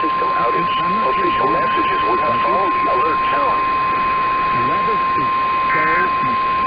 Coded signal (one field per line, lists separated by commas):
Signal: Emergency Alert System (SAME) tones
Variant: 1050 Hz attention tone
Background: speech